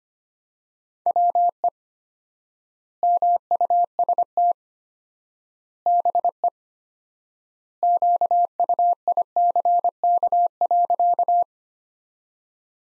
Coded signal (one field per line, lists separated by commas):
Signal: Morse code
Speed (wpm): 25 wpm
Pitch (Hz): 700 Hz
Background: none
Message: WE MUST BE QUICK.